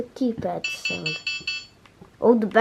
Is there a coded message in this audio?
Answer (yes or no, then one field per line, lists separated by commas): no